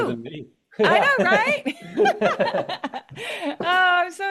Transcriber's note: laughs